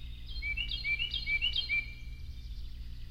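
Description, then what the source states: Carolina Wren song variation: four rapid rising whistled phrases, repeated a little under every half second, over a low steady hum. A variation of the Carolina wren's song; song very repetitive and rhythmical.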